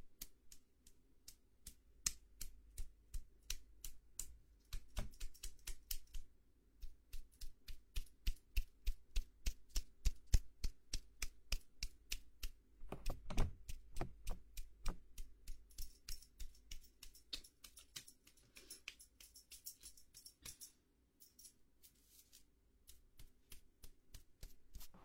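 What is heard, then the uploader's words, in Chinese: A head and shoulder massage, heard as quick, crisp taps and pats that come in irregular runs for the whole stretch. A denser, heavier flurry lands around thirteen seconds. A low, steady hum sits quietly underneath throughout. 为弟弟做头部肩部按摩。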